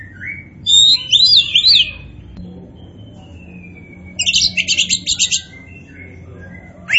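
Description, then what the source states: Oriental magpie-robin song: a few loud twisting whistles, then a long thin sustained whistle, then a rapid burst of high scratchy repeated notes. Kacer poci (Indonesian name), described as gacor, singing actively and continuously.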